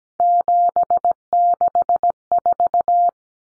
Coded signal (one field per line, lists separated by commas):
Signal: Morse code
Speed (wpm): 17 wpm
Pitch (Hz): 700 Hz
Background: none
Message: 764